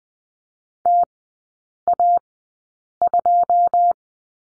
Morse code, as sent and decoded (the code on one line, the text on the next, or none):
- .- ..---
TA2